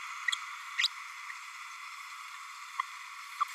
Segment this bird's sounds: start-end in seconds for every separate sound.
0.78-0.87, 3.40-3.44